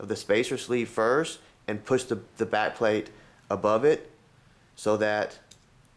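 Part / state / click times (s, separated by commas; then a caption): pistol slide back plate into the rear of the slide / not seated / none. Someone talks while handling the back plate of a Glock 23 pistol slide, using the Glock armorer tool to depress the spacer sleeve and push the slide's back plate toward the rear of the slide. Only speech is heard, with a faint brief sound near the end. Nothing has seated or clicked yet.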